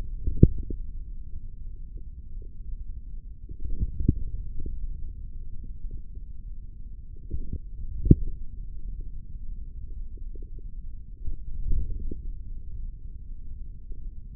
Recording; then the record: forearm muscle sounds (acoustic myography)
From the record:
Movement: hand closing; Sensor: system 3, bracelet of six PUI Audio POM-2738L microphones around the upper forearm, with dedicated amplification and filtering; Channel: 4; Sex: male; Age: 25 years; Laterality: right